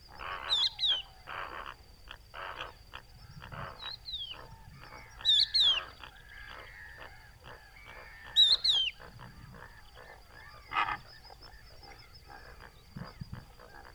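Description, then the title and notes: Crested lark calling: three pairs of mournful, falling whistles spaced three to five seconds apart, with dense lower chattering pulses behind. Adult calling to its fellows with a plaintive whistled call, hidden in Camargue salt marsh, Etang du Vaccarès, 5 September 2020, about an hour after sunrise; Nagra Seven, Telinga Pro7. "COCHEVIS DU VACCARES. Etang du Vaccares - Camargue - 05 septembre 2020. son appel sifflet et plaintif. un adulte de Cochevis huppé (Galerida cristata) qui appel ses congénères"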